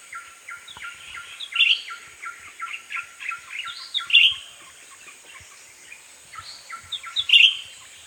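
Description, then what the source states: Blue-winged leafbird delivering chattering phrases of short chirps ending in a louder bright whistled note, repeated roughly every three seconds, with a thin steady hum behind. Subspecies icterocephala.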